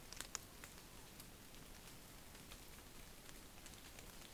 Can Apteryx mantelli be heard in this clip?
no